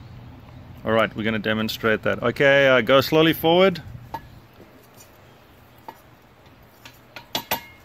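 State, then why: Seated. A metal propeller on a Mercruiser Alpha sterndrive lower unit is turned counter-clockwise by hand while a helper slowly shifts the control forward to test the forward gear clutch. Someone talks first, then the gear dogs rattle with a few quiet clicks before a sharp click at 7.4 s. The forward gear locks in, showing it is engaging.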